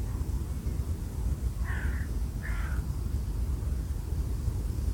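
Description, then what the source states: Bird calls, two short harsh notes less than a second apart, heard through constant strong wind noise. Birds recorded together with wind.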